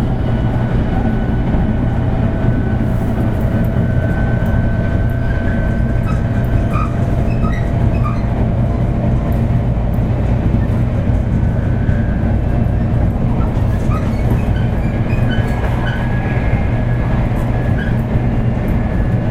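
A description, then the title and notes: A high-speed train runs steadily with a dense, deep rumble, a constant whine above it, and scattered faint squeals and clicks throughout. 新幹線500系 山陽新幹線 こだま号 厚狭到着前から新山口まで. 新幹線500系電車の走行音です。 JR西日本 山陽新幹線で録音しました。 It is the running sound of the 500 series trains of the Shinkansen.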